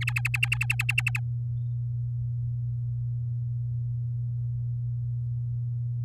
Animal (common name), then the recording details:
Domestic Canary. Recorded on 8 May 2018 at 07:38. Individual llb16